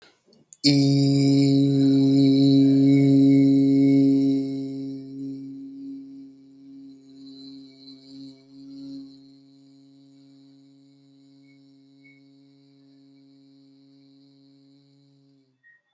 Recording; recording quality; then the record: sustained vowel as in beet; excellent, no background noise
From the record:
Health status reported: healthy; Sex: male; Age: 29 years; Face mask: not worn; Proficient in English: yes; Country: India